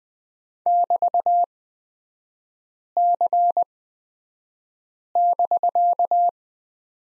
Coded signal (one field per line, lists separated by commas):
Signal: Morse code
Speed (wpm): 20 wpm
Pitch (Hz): 700 Hz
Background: none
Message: <BT>C<BK>